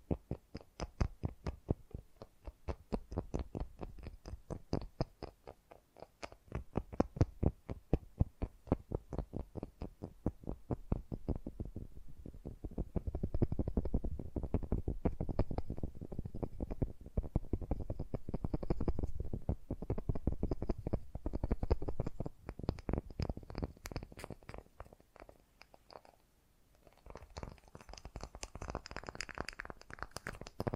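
Fast, gentle tapping runs through the whole clip as a dense stream of soft, low clicks. The taps come quickest and thickest from about twelve to twenty-four seconds, then thin briefly near twenty-six seconds before picking up again.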